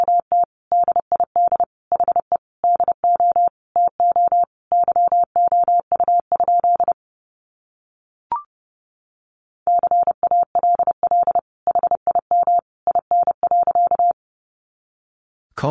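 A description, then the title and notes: Morse code beeps sound in a single steady mid-pitched tone, keyed in quick runs of short and long pulses with brief gaps between letters. The beeping stops for about three seconds, broken only by a single click near eight seconds, then resumes and ends with a short burst of hiss. Sentences from Top 100 Words 30wpm. First, the words are sent in Morse code.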